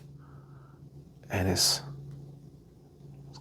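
A watch band clip is being lined up and maneuvered into the lug slot of an Apple Watch Ultra case, a tricky fit, while someone talks. A brief burst of rustling, scraping handling noise peaks around 1.3–1.8 s over a steady low hum. Nothing has clicked or seated yet.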